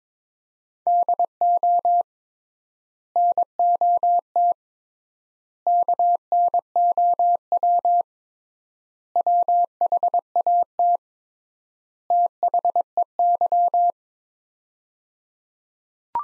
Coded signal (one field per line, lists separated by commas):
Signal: Morse code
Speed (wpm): 22 wpm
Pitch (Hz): 700 Hz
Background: none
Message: DO NOT KNOW WHAT THEY